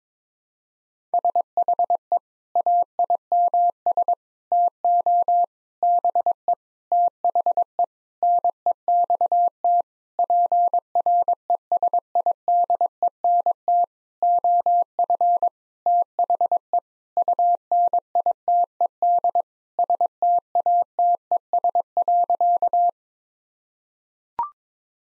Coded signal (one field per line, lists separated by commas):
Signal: Morse code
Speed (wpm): 22 wpm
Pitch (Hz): 700 Hz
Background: none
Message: SHE AIMS TO BE THE NEXT PRESIDENT OF THE UNITED STATES.